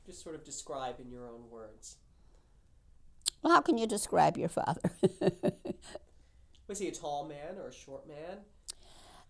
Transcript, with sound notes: Just sort of describe in your own words.
How can you describe your father? ( she laughs )
Was he a tall man or a short man?